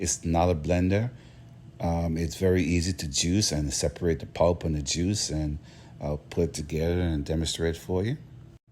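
Someone talks while handling a plastic assembly piece of a Zasmira slow masticating cold press juicer, about to fit it onto the juicer base where it is pressed or twisted until it locks in place. Only speech is heard, with no distinct clicks or mechanical sounds, and nothing has seated or clicked yet when the clip ends.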